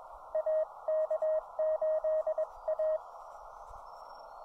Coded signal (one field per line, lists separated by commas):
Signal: Morse code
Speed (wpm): 19 wpm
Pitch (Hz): 590 Hz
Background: radio noise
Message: AK8A